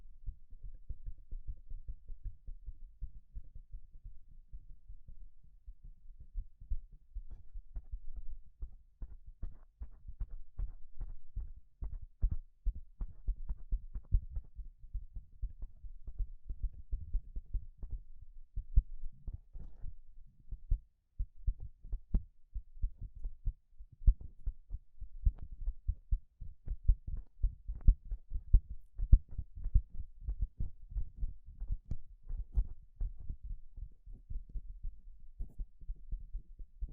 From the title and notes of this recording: ASMR 1 HOUR of Gloves Sounds for People who want tingles (No Talking).